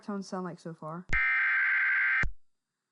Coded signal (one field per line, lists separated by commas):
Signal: Emergency Alert System (SAME) tones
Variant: header bursts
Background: speech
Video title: EAS Mock Making 101 - EASyPLUS Tones